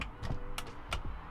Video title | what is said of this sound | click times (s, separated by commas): VAN RENOVATIONS AND CLEAN UP - Getting Ready for VanLife Again | and now when we open it it should actually click into place let's see | 0.9 s